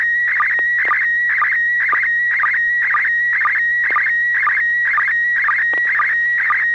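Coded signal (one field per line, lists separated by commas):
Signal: SSTV (slow-scan television)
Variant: PD-120 mode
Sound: steady high warbling tone, rhythmically broken by chattering bursts about twice a second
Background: faint low hum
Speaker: we will start with Mr Alpha India six Delta golf who answered very good pd-120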